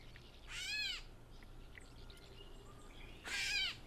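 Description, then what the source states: Gray Catbird meow calls, two nasal mewing notes about three seconds apart. The meow-like call note that gives the catbird its name.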